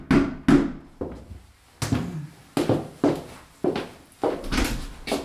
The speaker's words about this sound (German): Stattdessen klopfte es an der Haustür.